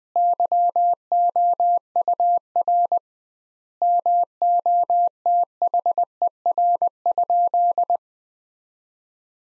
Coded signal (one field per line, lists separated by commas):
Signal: Morse code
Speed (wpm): 21 wpm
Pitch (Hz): 700 Hz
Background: none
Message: YOUR MOTHER?